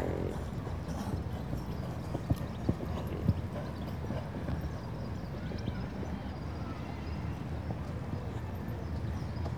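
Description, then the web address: Horse hooves clopping steadily and continuously in a dense low rumble, with no clear vocal calls and some faint background noise. A single horse being exercised outdoors in Spain. "The BBC Sound Effects Library. One Horse Being Exercised"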